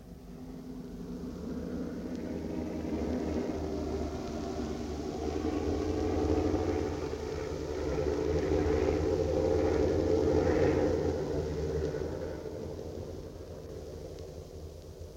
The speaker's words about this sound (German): Wir sind hier in Prag, auf dem Flugplatz. Der unförmige Kasten, den Sie sehen, ist ein amerikanisches Flugzeug.